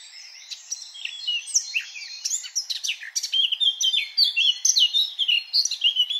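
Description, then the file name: Eurasian blackcap song: a fast, continuous warble of high chattering and whistled notes, with loud bursts from about one and a half seconds to the end. "Sylvia atricapilla"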